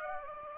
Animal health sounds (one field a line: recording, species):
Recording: mosquito wingbeat signal from an infrared sensor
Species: Aedes aegypti